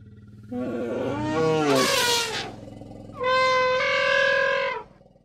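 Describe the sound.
Elephant trumpeting: a harsh blast with a noisy burst near two seconds, then a second, steadier, tonal trumpet.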